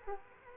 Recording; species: mosquito wingbeat signal from an infrared sensor; Culex quinquefasciatus